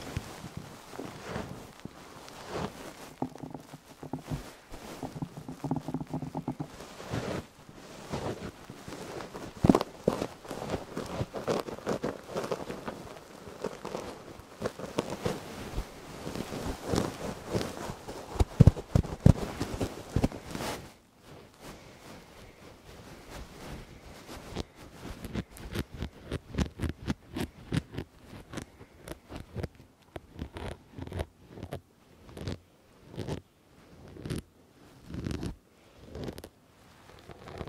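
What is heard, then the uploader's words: Fluffy microphone covers and ear muffs rubbed against the mic, with dense, continuous scratchy brushing and a soft low rumble for the first twenty seconds. After that it turns sparser: crisp, regular strokes and taps repeating about twice a second, quieter between each. ASMR Fluffy Mic Ear Attention for your Naps Ear Massage Ear Muffs on 3dio Ear to Ear.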